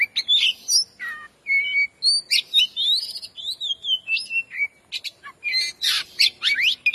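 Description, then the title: Oriental magpie-robin song: a rich, varied run of whistled and sliding notes mixed with harsh buzzy bursts and quick chirps, delivered almost without pause. "Kacer"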